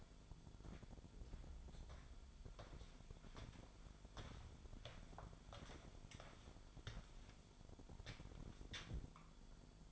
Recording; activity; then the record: daily activity, microphone in the room; walk to room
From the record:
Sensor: 5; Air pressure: 1008.3 hPa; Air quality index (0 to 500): 124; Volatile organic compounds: 1 ppm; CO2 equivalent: 957 ppm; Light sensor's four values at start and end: 35/81/32/32 and 34/77/32/32